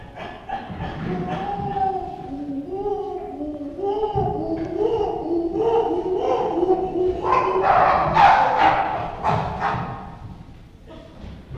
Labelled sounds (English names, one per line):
Chimpanzee